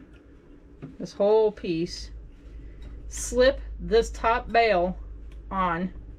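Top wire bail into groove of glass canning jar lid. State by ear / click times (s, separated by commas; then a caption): not seated / none. A woman talks while handling the top wire bail of a glass canning jar with a glass lid, slipping it on toward the groove in the lid, where it is meant to snap when it seats. Nothing has seated or snapped yet; the bottom part stays unfastened until the jar comes out of the canner.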